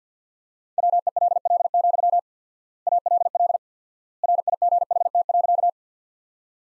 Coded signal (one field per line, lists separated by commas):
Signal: Morse code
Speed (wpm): 50 wpm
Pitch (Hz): 700 Hz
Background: none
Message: WELL, ALL RIGHT.